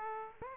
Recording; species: mosquito wingbeat signal from an infrared sensor; Aedes aegypti